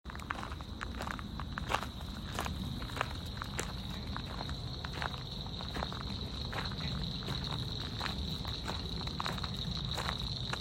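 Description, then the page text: Eastern cricket frog clicking calls, sharp dry clicks given in irregular bursts over a steady high insect whine and low rumbling background. Recorded in Maryland. "Maryland Biodiversity. Eastern Cricket Frog ( Acris crepitans )"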